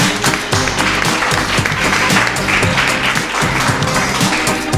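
An audience applauds loudly and steadily, a dense wash of many hands clapping at once that holds its level for several seconds without pause.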